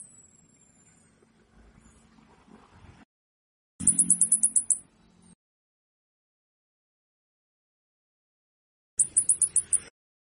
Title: Suara anis kembang betina nritik jernih dan jelas